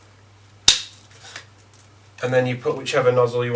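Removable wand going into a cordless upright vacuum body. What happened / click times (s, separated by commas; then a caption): The wand clipped into the body / 0.7 s. The removable wand at the top of a Vax Air Cordless Bagless U86-AL-B upright vacuum cleaner is clipped into the vacuum body, snapping home with a sharp click at 0.7 s, followed by a couple of faint handling sounds. The wand is seated in the body, and someone then talks.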